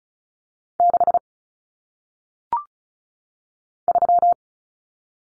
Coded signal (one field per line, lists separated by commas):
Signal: Morse code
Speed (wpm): 36 wpm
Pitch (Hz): 700 Hz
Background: none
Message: 6 3